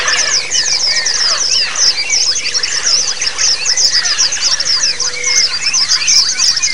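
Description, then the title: White-eye: constant high, sibilant twittering from many white-eyes, with quick downslurred chirps and short whistles weaving through the chorus. Several white-eyes singing together in the ombyokan chorus style; the recording is meant as a therapy and training sound (masteran) for birds. "Suara Terapi Pleci Ombyokan"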